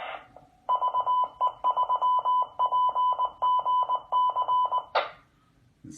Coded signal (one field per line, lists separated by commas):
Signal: Morse code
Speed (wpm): 19 wpm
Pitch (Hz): 1000 Hz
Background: none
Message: VE3PGC